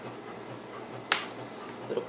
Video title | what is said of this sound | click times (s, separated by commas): dell laptop N5110 screen replacement | once you hear it pop that means it's done and | 1.1 s